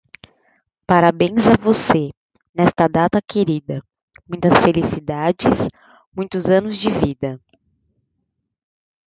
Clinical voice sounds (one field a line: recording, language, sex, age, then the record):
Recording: short text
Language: Brazilian Portuguese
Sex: female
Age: 20 to 29 years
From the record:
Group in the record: control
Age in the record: 22 years